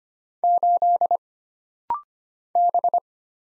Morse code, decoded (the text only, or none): 8 B